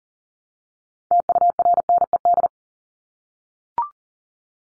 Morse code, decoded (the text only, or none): TURNED